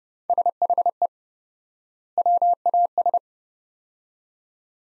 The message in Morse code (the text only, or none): SHE WAS